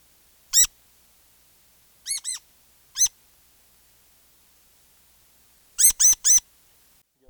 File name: Rose-breasted Grosbeak - Pheucticus ludovicianus